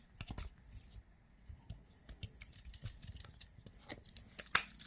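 A rechargeable battery is pushed into the battery compartment of a GoPro Hero 13 Black action camera, with a series of short scrapes, taps and clicks as it is worked in. The loudest and sharpest click lands at 4.6 s as the battery seats home, confirmed as in place.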